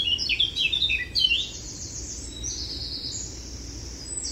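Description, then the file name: Eurasian blackcap song: a brief burst of quick chattering notes at the start, followed by fainter high drawn-out notes and background hiss. "Sylvia atricapilla"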